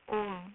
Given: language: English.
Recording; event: throat vibration sensor signal played as sound; speech